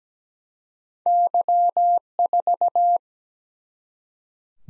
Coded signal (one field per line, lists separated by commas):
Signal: Morse code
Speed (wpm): 17 wpm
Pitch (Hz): 700 Hz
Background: none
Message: Y4